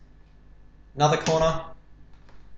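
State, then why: Not seated. Someone talks briefly while another corner push pin of a CPU cooler is pressed down into its motherboard hole. The pin has not clicked into place yet.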